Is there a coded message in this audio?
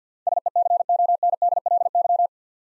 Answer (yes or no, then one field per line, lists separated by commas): yes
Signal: Morse code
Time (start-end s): 0.3-2.3 s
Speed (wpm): 47 wpm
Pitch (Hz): 700 Hz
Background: none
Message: SECONDLY